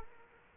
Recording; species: mosquito wingbeat signal from an infrared sensor; Culex quinquefasciatus